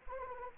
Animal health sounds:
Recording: mosquito wingbeat signal from an infrared sensor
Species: Anopheles arabiensis

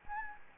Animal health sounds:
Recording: mosquito wingbeat signal from an infrared sensor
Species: Anopheles gambiae

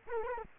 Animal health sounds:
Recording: mosquito wingbeat signal from an infrared sensor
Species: Culex quinquefasciatus

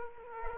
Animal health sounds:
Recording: mosquito wingbeat signal from an infrared sensor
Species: Culex quinquefasciatus

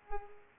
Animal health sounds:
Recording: mosquito wingbeat signal from an infrared sensor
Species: Culex pipiens

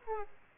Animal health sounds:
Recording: mosquito wingbeat signal from an infrared sensor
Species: Aedes aegypti

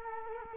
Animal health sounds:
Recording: mosquito wingbeat signal from an infrared sensor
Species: Culex quinquefasciatus

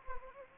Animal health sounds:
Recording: mosquito wingbeat signal from an infrared sensor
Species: Anopheles gambiae

